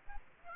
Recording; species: mosquito wingbeat signal from an infrared sensor; Aedes aegypti